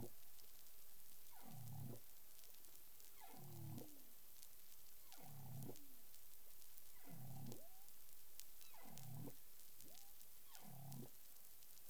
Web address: pub CARIMAM clean data humpback whale 20210213 101128 UTC